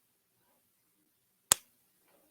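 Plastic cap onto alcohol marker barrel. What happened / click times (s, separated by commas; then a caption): Marker cap pops on / 1.5 s. A plastic cap is pressed onto the barrel of a Spreey alcohol brush marker, taking some pressure to close. After near silence, one sharp, bright pop at 1.5 s marks the cap seating with a tight seal, fading quickly to quiet.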